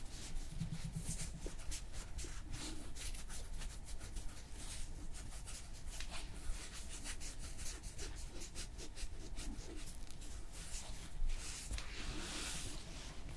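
Hands being massaged during a nail care session, with steady soft rubbing and brushing sounds running throughout. Frequent short bright swipes and taps repeat at an irregular pace, over a low continuous hum, with a slightly louder rub near eleven seconds.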